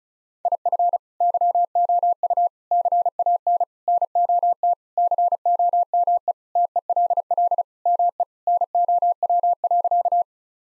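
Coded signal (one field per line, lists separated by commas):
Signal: Morse code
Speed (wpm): 36 wpm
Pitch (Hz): 700 Hz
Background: none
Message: IF YOU CAN NOT COME TELL ME NOW.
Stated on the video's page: Morse code practice sentences of common four-word phrases sent at 35 wpm, for head-copy training.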